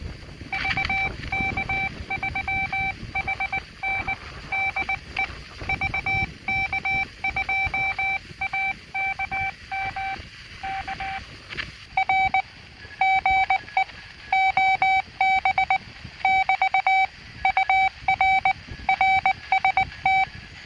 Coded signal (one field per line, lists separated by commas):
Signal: Morse code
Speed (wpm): 19 wpm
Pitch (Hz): 770 Hz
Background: none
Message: VK3HN DE VK2AKM K R GE OB <BT> UR RST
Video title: '2B2C': Dual-band 2 channel QRP CW rig /Part 8 Case assembly & field test